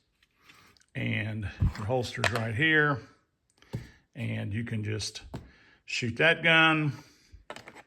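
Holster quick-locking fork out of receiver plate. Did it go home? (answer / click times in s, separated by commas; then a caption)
released / 7.5 s. Someone talks while a Safariland QLS holster's quick-locking fork is released from its receiver plate. A loud click sounds at 7.5 s as the fork pops out of the receiver plate.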